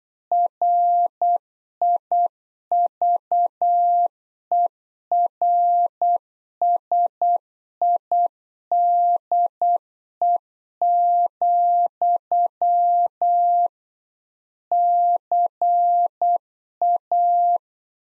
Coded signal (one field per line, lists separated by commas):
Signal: Morse code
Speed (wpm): 8 wpm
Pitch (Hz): 700 Hz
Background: none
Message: RIVERSIDE, CA